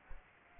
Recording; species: mosquito wingbeat signal from an infrared sensor; Aedes albopictus